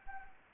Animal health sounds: mosquito wingbeat signal from an infrared sensor; Anopheles gambiae

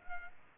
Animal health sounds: mosquito wingbeat signal from an infrared sensor; Culex pipiens

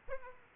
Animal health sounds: mosquito wingbeat signal from an infrared sensor; Aedes aegypti

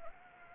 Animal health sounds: mosquito wingbeat signal from an infrared sensor; Anopheles gambiae

